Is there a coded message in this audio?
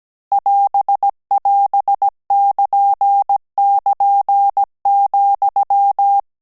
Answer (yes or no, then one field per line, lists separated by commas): yes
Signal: Morse code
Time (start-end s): 0.3-6.2 s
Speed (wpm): 17 wpm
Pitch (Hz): 800 Hz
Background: none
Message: <AS><AS><KN><KN>,